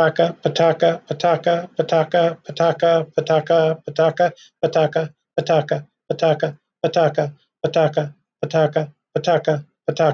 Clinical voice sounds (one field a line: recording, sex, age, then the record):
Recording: repeated syllables /pa ta ka/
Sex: male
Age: 50 to 59 years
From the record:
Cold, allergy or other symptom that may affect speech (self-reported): no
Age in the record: 59 years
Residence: Ohio, United States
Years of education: 12